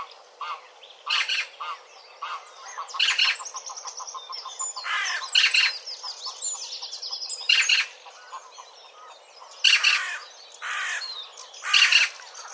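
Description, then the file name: Eurasian magpie uttering harsh rasping bursts roughly every two seconds, interspersed with softer twittering, clicking and chattering notes throughout. "Pica pica"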